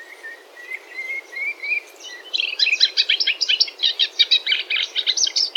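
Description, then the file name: Moustached warbler song: a few soft, rising whistled notes, then a fast, jumbled run of chattering, scratchy phrases that fill the rest. "mariskenrohrsaenger"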